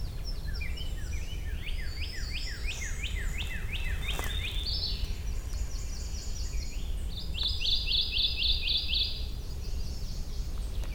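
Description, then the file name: Kentucky Warbler song: a rolling series of about a dozen repeated two-part notes over four seconds, against steady low rumbling noise. Recorded in Wicomico, Maryland, on 11 May 2011. "Kentucky Warbler Wicomico MD 20110511"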